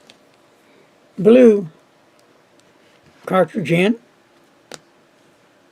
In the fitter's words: here that little snap right in there